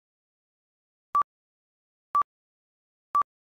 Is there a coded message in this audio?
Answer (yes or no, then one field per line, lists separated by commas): no